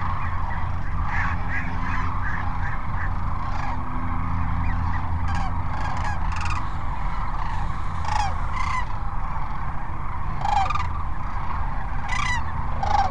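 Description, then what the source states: Sandhill cranes in a busy chorus of overlapping rattling, bugling calls, with several louder individual calls rising above the mass over a constant low hum. At Cochise Lakes on 30 January 2019.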